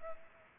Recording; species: mosquito wingbeat signal from an infrared sensor; Aedes aegypti